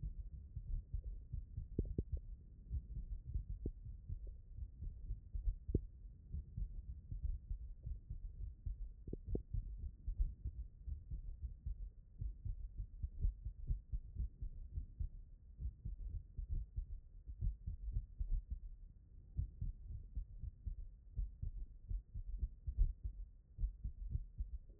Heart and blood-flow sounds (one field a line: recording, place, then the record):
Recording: heart sounds by stethoscope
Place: tricuspid valve (TV)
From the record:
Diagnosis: HFrEF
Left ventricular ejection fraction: 35%